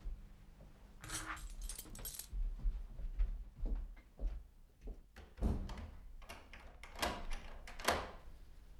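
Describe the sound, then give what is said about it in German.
Keys jingle and clink in short, bright bursts, mixed with dull knocks and handling thumps, as a hotel room key for room number 1 is picked up and passed over a counter. “Der Schlüssel, bis Mittag räumen.”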